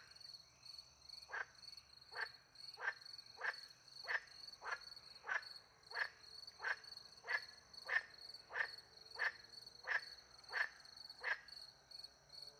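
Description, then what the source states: Frog calling in a long regular series of short croaks, accompanied by steady shrill crickets. Frogs with crickets in countryside at night, France; microphones hidden in a tree close to a little pond; two Usi Pro microphones into a MixPre-10 II recorder.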